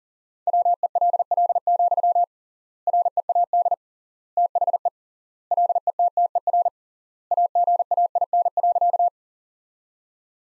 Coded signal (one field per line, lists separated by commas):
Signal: Morse code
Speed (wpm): 37 wpm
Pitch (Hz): 700 Hz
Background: none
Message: WELL, READ THE LETTER AGAIN.